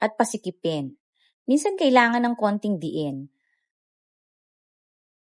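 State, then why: Not seated. A caster wheel stem is being handled for pushing straight into its socket on a Firefly air cooler's plastic base, which sometimes needs extra pressure until it bites and locks. Someone talks for about three seconds, then it goes quiet. Nothing has seated or clicked yet.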